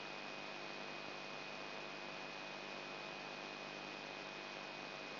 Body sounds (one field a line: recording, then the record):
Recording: brain microelectrode recording played as sound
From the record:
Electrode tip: inside the subthalamic nucleus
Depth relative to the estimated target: 0 mm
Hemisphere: left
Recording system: AlphaMap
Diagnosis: Parkinson's disease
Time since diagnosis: 9 years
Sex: male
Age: 58 years